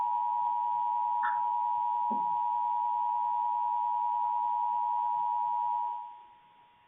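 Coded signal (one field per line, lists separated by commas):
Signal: Emergency Alert System (SAME) tones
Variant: 853 and 960 Hz attention tone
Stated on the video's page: Series of alerts issued by a weather service office.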